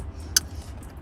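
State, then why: Seated. A smaller wiring harness connector is pushed into the bottom socket of the OEM trailer brake controller module on a 2017 RAM 1500 Big Horn and gives a sharp plastic click at 0.4 s over a low background hum. The click means the connector is seated and good to go.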